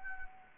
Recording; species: mosquito wingbeat signal from an infrared sensor; Anopheles arabiensis